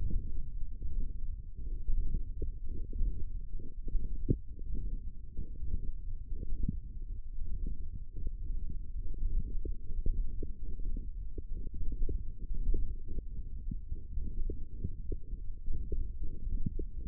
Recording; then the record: forearm muscle sounds (acoustic myography)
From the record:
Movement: index flexion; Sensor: system 1, eight BSWA MPA416 microphones around the upper forearm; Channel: 5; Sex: male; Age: 23 years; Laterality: right